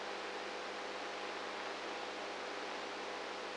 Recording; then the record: brain microelectrode recording played as sound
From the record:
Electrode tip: inside the subthalamic nucleus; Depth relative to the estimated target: -4 mm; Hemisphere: right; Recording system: NeuroSet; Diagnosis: Parkinson's disease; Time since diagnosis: 19 years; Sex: female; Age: 58 years